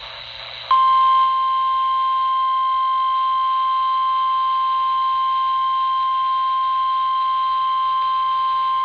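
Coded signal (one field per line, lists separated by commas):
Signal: Emergency Alert System (SAME) tones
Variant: 1050 Hz attention tone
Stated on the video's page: Severe thunderstorm warning from a NOAA weather radio transmitter on 162.500 MHz, received about 51 miles away on a RadioShack 12-254 weather radio.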